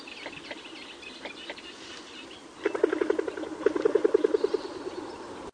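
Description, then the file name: Northern shoveler giving two short bursts of rapid, low, clipped, knocking notes, over a background of thin, higher chattering notes. "Mestolone"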